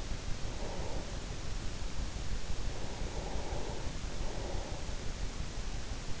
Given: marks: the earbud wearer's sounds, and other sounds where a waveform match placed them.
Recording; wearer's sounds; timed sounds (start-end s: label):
sounds in sleep by an in-ear microphone; breath
0.37-1.24 s: breath
2.94-4.91 s: breath